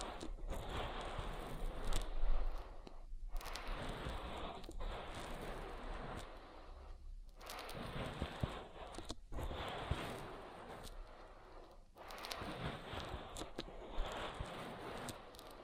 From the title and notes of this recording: ASMR Oil Ear Massage for Deep Relaxation (No Talking).